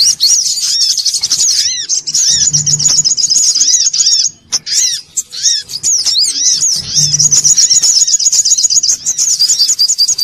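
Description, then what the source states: Brown-throated sunbird giving a busy, shrill twittering song of quick repeated arched notes, a quieter stretch near the middle, then resuming strongly. Bird-training (masteran) recording.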